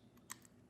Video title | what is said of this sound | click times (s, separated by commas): Unboxing and Set Up of Marklin 29179 Jim Button Train Starter Set | the jack plug from the power supply will click right into that box | 0.3 s